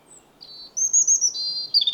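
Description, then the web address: European robin song phrase of clear high whistles, a short note, a sustained shrill whistle, then a lower tumbling flourish at the end. "SETE Erithacus rubecula"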